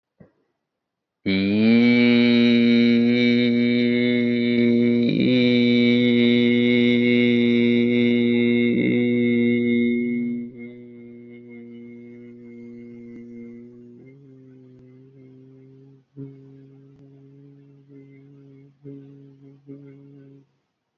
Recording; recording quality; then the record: sustained vowel as in beet; excellent, no background noise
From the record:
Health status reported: healthy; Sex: male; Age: 28 years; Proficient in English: yes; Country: India